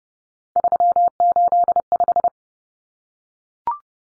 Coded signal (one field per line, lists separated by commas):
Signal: Morse code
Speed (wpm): 30 wpm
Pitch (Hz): 700 Hz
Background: none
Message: 385